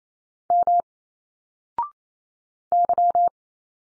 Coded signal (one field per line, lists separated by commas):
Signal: Morse code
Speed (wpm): 28 wpm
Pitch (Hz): 700 Hz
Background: none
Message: M Y